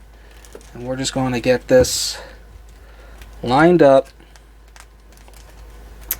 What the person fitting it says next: and that will snap into place there we go